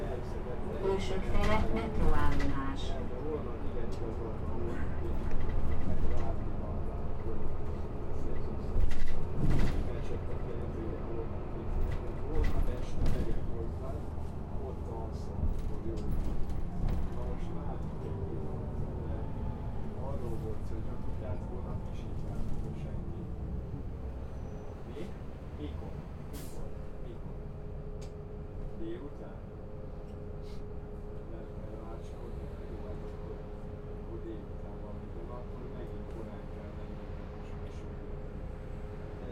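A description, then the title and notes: Inside a bus, a steady low engine rumble runs throughout, with voices talking over it during the first twenty seconds and sharp knocks and rattles near 2, 9 and 13 seconds. Later the engine settles into a smoother, quieter drone with a faint sustained whine. Bus #105.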